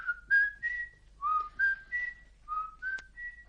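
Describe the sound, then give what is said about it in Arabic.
A whistled signal meant to show the coast is clear: three short phrases of clear, bright tones, each rising over two or three notes with little gaps between, sounding alone without any talking. “عندما يخلو الشاطئ ويصلح الجو لعقد مؤتمر جديد أطلق صفارة هكذا.”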